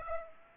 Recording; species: mosquito wingbeat signal from an infrared sensor; Aedes aegypti